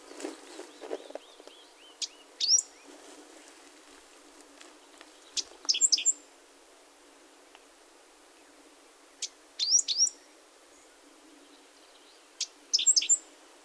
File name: five striped sparrow